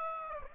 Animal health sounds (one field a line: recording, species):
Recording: mosquito wingbeat signal from an infrared sensor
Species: Aedes aegypti